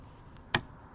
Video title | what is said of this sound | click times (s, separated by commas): 🎉BONUS EPISODE🎉GeigerTec Mega Mount 2 & Cisco Fishing Systems Mount | Pull this pin, let it swing down. Locks into place. | 0.5 s